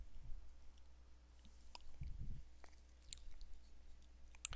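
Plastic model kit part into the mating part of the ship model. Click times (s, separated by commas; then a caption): 4.4 s. A plastic part of a plastic model kit ship is pressed down over its mating part after one side has been fitted in and locked. Faint clicks and handling noises over a steady low hum lead to a single sharp snap at 4.5 s as the part seats. The part is then judged to look wrong.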